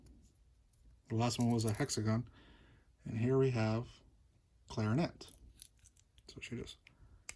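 Someone talks while handling an acrylic keychain figure panel and its rounded acrylic stand base, bringing the figure toward the base's slot. A few short, sharp plastic ticks are heard near the end. The figure has not yet seated or clicked into the base when the clip ends.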